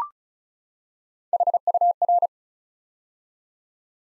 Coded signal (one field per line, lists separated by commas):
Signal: Morse code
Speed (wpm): 36 wpm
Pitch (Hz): 700 Hz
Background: none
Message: HUR